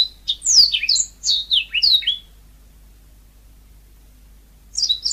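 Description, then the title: Magpie-robin song: a burst of bright whistled notes sliding up and down for about two seconds, a pause of silence, then another whistled phrase starts. "Kicau Kacer"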